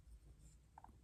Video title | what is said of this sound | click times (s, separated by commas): Transformers Collection - Bonecrusher! | Just hear a small little click, but tiny click noise. | 0.8 s